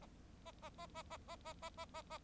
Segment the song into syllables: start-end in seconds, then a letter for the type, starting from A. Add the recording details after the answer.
0.45-0.51 A, 0.62-0.69 A, 0.78-0.87 A, 0.94-1.03 A, 1.10-1.17 A, 1.27-1.36 A, 1.45-1.53 A, 1.62-1.69 A, 1.77-1.85 A, 1.94-2.02 A, 2.10-2.18 A. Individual Bird4